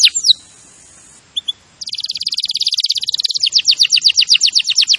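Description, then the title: Canary song: a few sharp chirps, a pause, then a long fast buzzy trill breaking into rapid repeated downslurred notes. Singing in the lively 'gacor' style. "Kenari Gacor"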